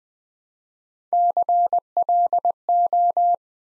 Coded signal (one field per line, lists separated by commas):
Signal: Morse code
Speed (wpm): 20 wpm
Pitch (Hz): 700 Hz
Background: none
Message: CLO